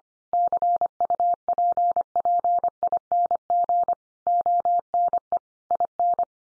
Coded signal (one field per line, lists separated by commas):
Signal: Morse code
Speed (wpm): 25 wpm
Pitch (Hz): 700 Hz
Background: none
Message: CUPPING ONE IN